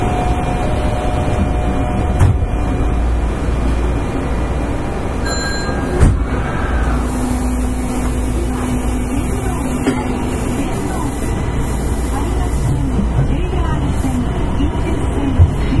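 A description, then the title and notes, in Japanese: Inside a Kitahashi Osaka Kyuko 9000 series train on the Midosuji subway line, a steady low rumble continues with faint voices and brief clicks. 北大阪急行 9000系。大阪市営地下鉄 御堂筋線内。新大阪から中百舌鳥までです。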